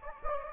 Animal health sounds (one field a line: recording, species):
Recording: mosquito wingbeat signal from an infrared sensor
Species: Anopheles gambiae